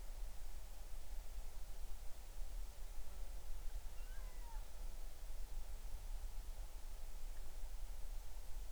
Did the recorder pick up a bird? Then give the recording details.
yes. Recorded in the Arctic National Wildlife Refuge, Alaska, on 20 July 2019 at 02:55. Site 38